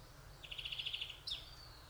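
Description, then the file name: Greenfinch giving a short pulsed trill of about ten quick notes, followed by a single sharp downslurred chip. "Chloris chloris"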